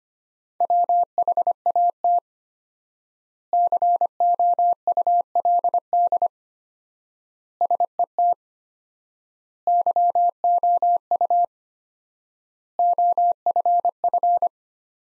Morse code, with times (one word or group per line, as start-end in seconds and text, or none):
0.6-2.2 WHAT
3.5-6.3 COULD
7.6-8.3 SET
9.7-11.4 YOU
12.8-14.5 OFF